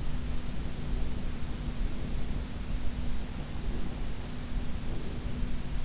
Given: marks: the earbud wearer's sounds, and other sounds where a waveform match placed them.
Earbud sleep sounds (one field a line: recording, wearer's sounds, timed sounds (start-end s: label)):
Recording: sounds in sleep by an in-ear microphone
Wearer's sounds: breath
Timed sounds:
0.85-2.85 s: breath
3.85-5.85 s: breath